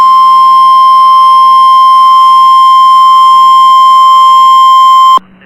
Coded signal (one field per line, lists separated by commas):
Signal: Emergency Alert System (SAME) tones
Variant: 1050 Hz attention tone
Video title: Severe T'storm Warning (EAS #427)